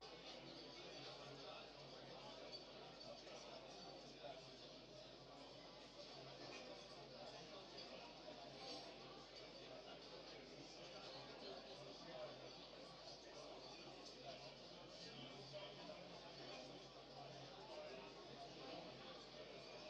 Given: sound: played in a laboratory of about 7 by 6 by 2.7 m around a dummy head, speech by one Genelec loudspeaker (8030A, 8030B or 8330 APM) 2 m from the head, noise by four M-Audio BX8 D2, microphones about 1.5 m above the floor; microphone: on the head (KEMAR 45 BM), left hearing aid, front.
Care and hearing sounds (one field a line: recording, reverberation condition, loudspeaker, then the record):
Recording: cafeteria noise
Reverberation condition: low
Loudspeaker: four, about 170 cm from the corners of the room and facing them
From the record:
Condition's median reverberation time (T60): about 310 ms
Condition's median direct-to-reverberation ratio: about 3.5 dB